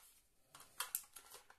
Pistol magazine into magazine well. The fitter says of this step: catch that stops your magazine from falling out it's not fully inserted so